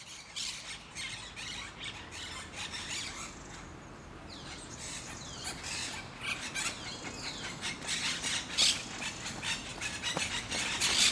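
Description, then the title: Parakeet calls: rasping, high screeches come in uneven clusters, growing louder toward the end, with a quiet hiss behind. Parc de Forest, Saint-Gilles, Belgium; recorded with Sony PCM-D100 internal microphones in wide position. "Parc de Forest, 1060 Saint-Gilles, Belgique - Parakeets - Perruches"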